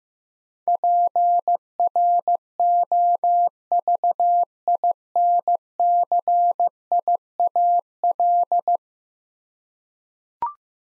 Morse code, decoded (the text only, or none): PROVINCIAL